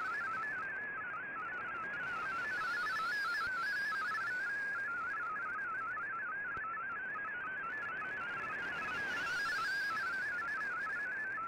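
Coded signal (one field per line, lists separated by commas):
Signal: multi-tone FSK (Olivia or MFSK type)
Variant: MFSK32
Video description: Here is my decode of the Shortwave Radiogram broadcast today on 15770Khz shortwave radio at 1300UTC in MFSK32 and 64 with 10 SSTV images.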